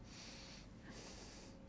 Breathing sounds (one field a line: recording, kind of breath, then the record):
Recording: one breath in and out by a microphone near the nose and mouth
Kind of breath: deep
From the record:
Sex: male